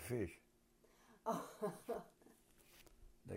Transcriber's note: laughs